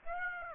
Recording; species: mosquito wingbeat signal from an infrared sensor; Aedes aegypti